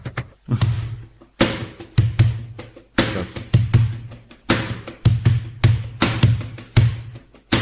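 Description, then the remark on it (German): A wooden box drum resembling an orange crate, an instrument adopted by the Spanish, played in a steady groove, deep booming bass strikes alternating with sharp, bright slaps, loud and rhythmic throughout, with a brief spoken exclamation at one point. “Das ist schon der Hammer, der hört sich an wie ein echtes Schlagzeug.”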